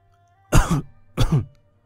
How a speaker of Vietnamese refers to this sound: Tiểu phu nhân đỏ bừng mặt, ho khan vài tiếng kịch liệt. Cảm giác khó thở làm tinh thần nàng vô cùng hoảng hốt.